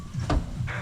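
On a Renault/Dacia 1.5 dCi engine during a timing belt replacement, with the crank pulley bolt torqued and the steel timing pin in, the crankshaft is backed off slightly by hand and then turned clockwise. It lands against the timing pin with a sharp clunk at 0.3 s, followed by a softer sound around 0.7 s. The crankshaft is seated on the timing pin lock.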